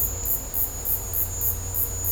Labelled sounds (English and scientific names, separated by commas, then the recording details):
none
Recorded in dense forest near Puerto Asís, Putumayo, Colombia, on 22 December 2024 at 15:30
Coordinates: 0.503, -76.323
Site G043